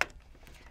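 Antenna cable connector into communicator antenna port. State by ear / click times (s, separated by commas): seated / 0.0 s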